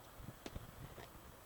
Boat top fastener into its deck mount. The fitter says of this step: But this simply pops right into place here.